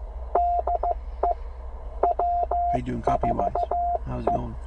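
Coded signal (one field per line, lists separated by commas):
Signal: Morse code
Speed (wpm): 15 wpm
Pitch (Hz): 700 Hz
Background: speech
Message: DE W4E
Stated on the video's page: CW call sign copy practice from an outdoor operation, plainly a Penntek TR45L radio with a Bamatech TP III key on battery.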